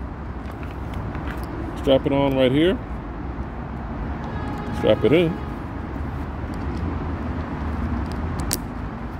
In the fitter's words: and you know it 10 when it's you hear that snapping sound